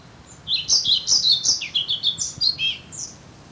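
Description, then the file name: European pied flycatcher song, a rapid run of thin see-sawing whistled notes that shift into slurred, varied final notes before stopping. "Svartvit flugsnappare"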